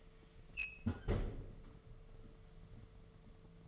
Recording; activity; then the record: daily activity, microphone in the room; close fridge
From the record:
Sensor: 4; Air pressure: 1015.8 hPa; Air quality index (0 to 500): 190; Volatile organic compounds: 9 ppm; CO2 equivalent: 2188 ppm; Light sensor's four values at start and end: 8/18/7/7 and 11/25/10/10